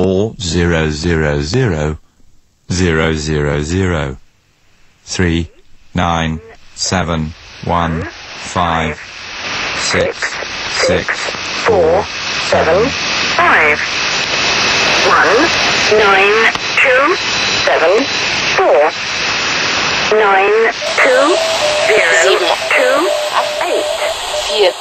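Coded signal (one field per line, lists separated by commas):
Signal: numbers station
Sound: a voice reading single digits in short, evenly spaced words over noisy radio static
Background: radio static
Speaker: these are often the ones that are transmitting the number stations reading out the numbers to different units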